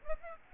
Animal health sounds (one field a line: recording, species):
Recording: mosquito wingbeat signal from an infrared sensor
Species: Aedes aegypti